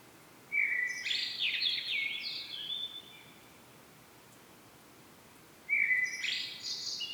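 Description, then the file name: Common blackbird song: a mellow whistled phrase breaking into scratchy high twitters, followed after a long pause by the start of another phrase. "Turdus merula"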